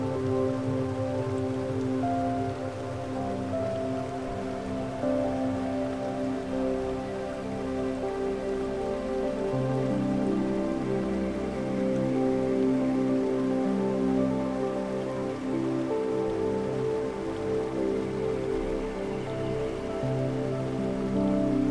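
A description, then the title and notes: Soft music of long held low and mid tones shifting slowly over a steady rushing wash of falling water throughout. Enchanted Waterfall & Relaxing Music In A Picturesque Forest. You hear the soothing and captivating melody of a mesmerizing, crystal-clear waterfall.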